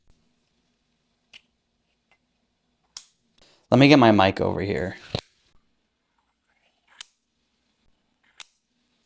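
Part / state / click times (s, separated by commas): pen cap onto front section of pen / seated / 7.0 s, 8.4 s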